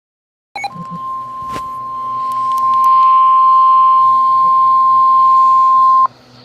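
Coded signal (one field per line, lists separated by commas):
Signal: Emergency Alert System (SAME) tones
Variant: 1050 Hz attention tone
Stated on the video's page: Flood warnings received on weather radio WXJ84 and on stations WKWS and WVAF, one with a slight glitch.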